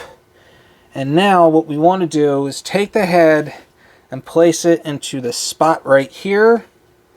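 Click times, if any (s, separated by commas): none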